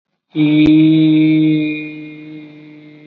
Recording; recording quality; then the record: sustained vowel as in beet; excellent, no background noise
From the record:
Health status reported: recovered from COVID-19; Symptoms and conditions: none ticked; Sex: male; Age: 25 years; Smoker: not ticked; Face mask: worn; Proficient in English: yes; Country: India